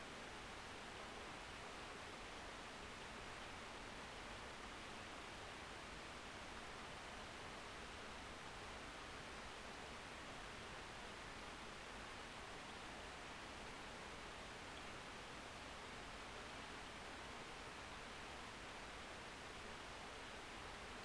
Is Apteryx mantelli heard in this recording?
no